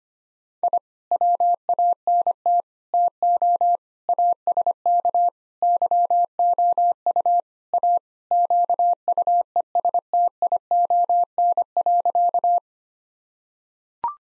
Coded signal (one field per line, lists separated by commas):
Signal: Morse code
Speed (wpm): 25 wpm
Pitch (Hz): 700 Hz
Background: none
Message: I WANT TO ASK YOU A QUESTION.